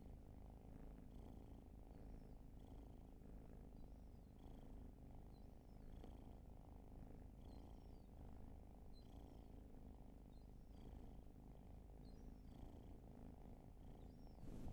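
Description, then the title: Cat purring in a steady low rumble. "Field Recs Purrathon RAW"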